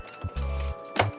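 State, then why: Seated. A plastic side panel is pushed in and pulled forward onto the chassis of an Epson ET-8550 printer until its clips engage. A low hum runs under it, then a sharp click at 0.99 s as the side piece snaps home and seats.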